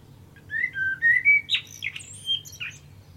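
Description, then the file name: Common blackbird song: flowing fluted notes, then squeaky, chattering high notes. "Turdus merula"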